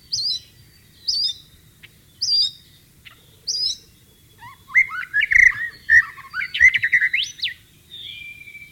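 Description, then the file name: White-rumped shama singing: four high notes roughly a second apart, then a fluent varied warble of whistled phrases. Wild bird, in the wild. "suara burung murai batu di alam liar"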